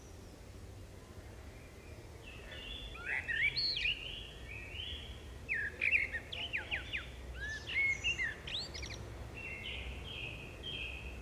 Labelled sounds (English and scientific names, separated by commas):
Common Blackbird (Turdus merula) song